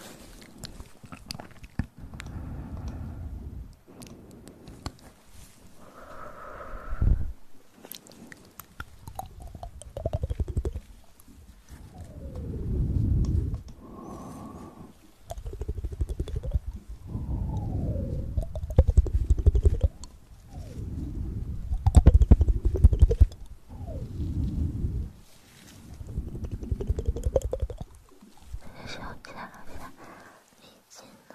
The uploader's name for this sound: Upclose Mouth Sounds, Inaudible Whispering